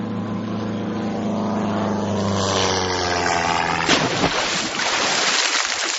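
A plane's engine drones loudly and sinks steadily in pitch, then a sudden crashing splash hits the water, followed by a rush of churning spray.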